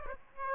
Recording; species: mosquito wingbeat signal from an infrared sensor; Aedes aegypti